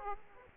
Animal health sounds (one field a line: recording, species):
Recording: mosquito wingbeat signal from an infrared sensor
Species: Aedes aegypti